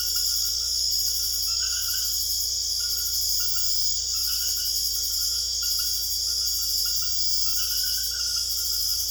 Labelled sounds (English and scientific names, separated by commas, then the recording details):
none
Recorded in secondary vegetation near Puerto Asís, Putumayo, Colombia, on 21 December 2024 at 21:30
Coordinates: 0.488, -76.319
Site GP04